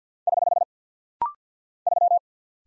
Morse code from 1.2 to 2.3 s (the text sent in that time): 3